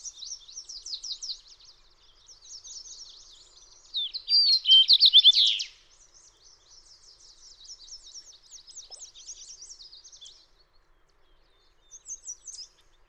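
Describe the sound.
Fox sparrow song, a loud burst of slurred, rapidly repeated high notes lasting under two seconds, set among a long, faint, continuous twittering chatter.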